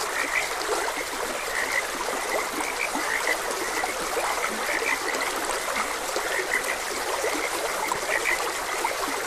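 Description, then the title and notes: Frog: a crowded chorus of frogs, short croaks repeating without pause, mixed with the broad, even sound of a flowing stream. Frogs croaking beside a gentle stream. "Gentle Stream and Frogs Croaking. Sleep and Relaxation Podcast"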